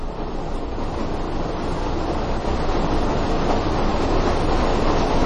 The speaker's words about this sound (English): Listen to this. You may think that sounds like static, but it's not. That's rain hitting a skylight right above my head.